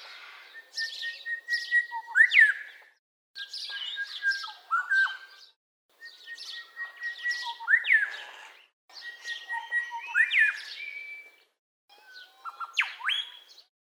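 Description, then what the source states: Bird giving five phrases of rapid chattering and short whistled notes, each ending in sharp rising and falling sweeps, separated by short pauses. Call sequence recorded at Lithgow, in stereo.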